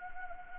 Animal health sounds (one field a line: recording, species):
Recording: mosquito wingbeat signal from an infrared sensor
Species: Anopheles gambiae